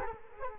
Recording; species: mosquito wingbeat signal from an infrared sensor; Culex quinquefasciatus